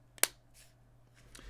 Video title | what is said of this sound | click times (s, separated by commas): Best And Worst Cases For Samsung Galaxy S23 Plus | and it easily stows away with a nice click | 0.2 s